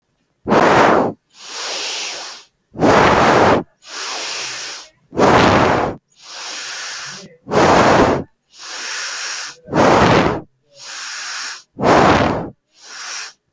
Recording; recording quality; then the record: deep breathing; excellent, no background noise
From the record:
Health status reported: healthy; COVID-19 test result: not tested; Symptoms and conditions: none ticked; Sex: female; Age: 20 years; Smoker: not ticked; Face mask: not worn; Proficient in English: yes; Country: India